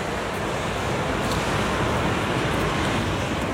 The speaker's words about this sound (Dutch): We moeten harder gaan praten, want we naderen de A7 natuurlijk. Ja, het verkeer raast onder ons door. We lopen over het viaduct.